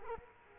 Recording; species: mosquito wingbeat signal from an infrared sensor; Culex quinquefasciatus